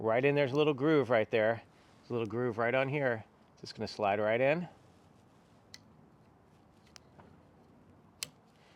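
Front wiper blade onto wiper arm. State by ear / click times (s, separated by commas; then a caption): seated / 8.2 s. A new front wiper blade for a 2017–2025 Mazda CX-5 is slid along its groove onto the wiper arm while someone talks. After the talk, a few faint ticks follow, then a sharp pop at 8.2 s as the blade snaps into place on the arm. It then gets a wiggle to confirm it is tight.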